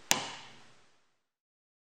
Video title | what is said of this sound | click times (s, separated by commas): Changing the Sensor Membrane | Schritt 3 wird mit einem "Pop"- Ton neues Elektrolyt aufgetragen. | 0.1 s